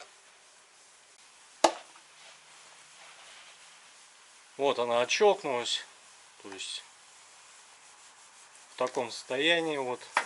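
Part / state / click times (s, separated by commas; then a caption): crankcase ventilation valve cover onto valve cover housing / seated / 1.6 s. On a Cayenne 3.2 engine, the crankcase ventilation valve cover is pressed onto its housing on the valve cover during a membrane and spring replacement. It snaps into place with a single sharp click at 1.7 s, so the cover is seated. Someone talks afterward.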